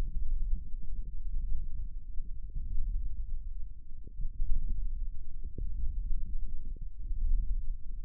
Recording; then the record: forearm muscle sounds (acoustic myography)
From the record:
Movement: hand opening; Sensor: system 1, eight BSWA MPA416 microphones around the upper forearm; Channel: 8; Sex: male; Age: 18 years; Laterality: right